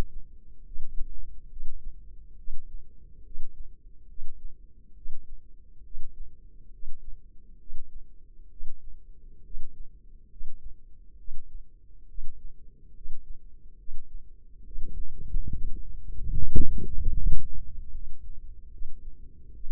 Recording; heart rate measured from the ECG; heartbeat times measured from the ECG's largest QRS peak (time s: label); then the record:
heart sounds by microphone in the left ear; 70 bpm
0.66 s: heartbeat
1.51 s: heartbeat
2.38 s: heartbeat
3.25 s: heartbeat
4.09 s: heartbeat
4.96 s: heartbeat
5.85 s: heartbeat
6.73 s: heartbeat
7.60 s: heartbeat
8.51 s: heartbeat
9.45 s: heartbeat
10.31 s: heartbeat
11.19 s: heartbeat
12.09 s: heartbeat
12.96 s: heartbeat
13.79 s: heartbeat
14.66 s: heartbeat
15.54 s: heartbeat
16.35 s: heartbeat
17.17 s: heartbeat
17.94 s: heartbeat
18.72 s: heartbeat
19.54 s: heartbeat
From the record:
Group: healthy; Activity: rest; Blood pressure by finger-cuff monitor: 145/90 mmHg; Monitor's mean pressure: 104 mmHg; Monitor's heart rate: 69 bpm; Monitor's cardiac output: 7.5 L/min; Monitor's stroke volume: 109 mL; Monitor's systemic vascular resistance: 1030 dyn s/cm5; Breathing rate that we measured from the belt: 19 breaths a minute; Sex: male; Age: 30 years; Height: 188 cm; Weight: 110.2 kg